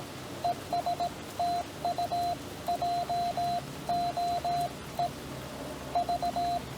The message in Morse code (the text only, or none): ES TU JOE V